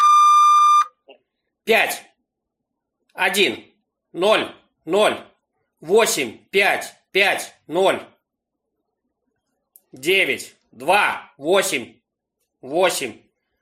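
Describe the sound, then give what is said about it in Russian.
A single loud, steady electronic beep tone from an automated phone robot lasting about a second, followed by a man dictating data one digit at a time in short, evenly spaced bursts with pauses between them. “После звукового сигнала члена раздельно продиктуйте данные.”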